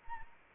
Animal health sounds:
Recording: mosquito wingbeat signal from an infrared sensor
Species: Anopheles arabiensis

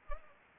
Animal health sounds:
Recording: mosquito wingbeat signal from an infrared sensor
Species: Anopheles arabiensis

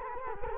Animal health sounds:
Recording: mosquito wingbeat signal from an infrared sensor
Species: Culex quinquefasciatus

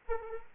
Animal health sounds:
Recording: mosquito wingbeat signal from an infrared sensor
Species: Anopheles arabiensis

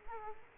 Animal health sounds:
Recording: mosquito wingbeat signal from an infrared sensor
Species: Culex quinquefasciatus

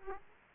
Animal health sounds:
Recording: mosquito wingbeat signal from an infrared sensor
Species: Aedes aegypti

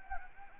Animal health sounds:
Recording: mosquito wingbeat signal from an infrared sensor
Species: Anopheles gambiae

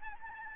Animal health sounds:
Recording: mosquito wingbeat signal from an infrared sensor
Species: Aedes albopictus

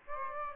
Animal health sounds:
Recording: mosquito wingbeat signal from an infrared sensor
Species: Aedes aegypti

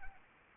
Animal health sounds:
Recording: mosquito wingbeat signal from an infrared sensor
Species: Anopheles arabiensis

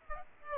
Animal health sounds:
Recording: mosquito wingbeat signal from an infrared sensor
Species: Aedes aegypti

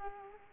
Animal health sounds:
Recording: mosquito wingbeat signal from an infrared sensor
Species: Culex quinquefasciatus

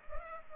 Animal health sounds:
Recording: mosquito wingbeat signal from an infrared sensor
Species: Culex pipiens

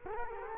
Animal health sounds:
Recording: mosquito wingbeat signal from an infrared sensor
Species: Culex quinquefasciatus

